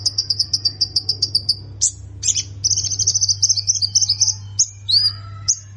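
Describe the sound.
Plain prinia opening with a fast series of high buzzy notes, shifting into sharp chirps and a rapid trill; constant low hum.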